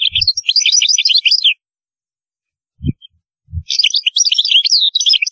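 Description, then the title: European goldfinch song: rapid liquid twittering phrases before and after a pause, with a few soft low thumps, mostly during the pause. "Chant Chardonneret"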